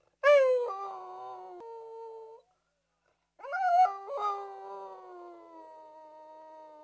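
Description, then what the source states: Dog whining: a high, wavering whine that slides downward and holds, then after a silent gap a second, longer whine that starts sharp and tails off slowly. Medium-sized dog whining.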